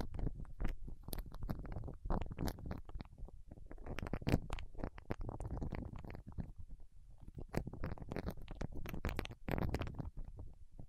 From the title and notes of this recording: ASMR with Wax Fingertips for Sleep (No Talking).